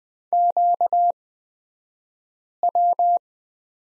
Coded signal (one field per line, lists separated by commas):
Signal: Morse code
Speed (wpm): 20 wpm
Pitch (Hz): 700 Hz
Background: none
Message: QW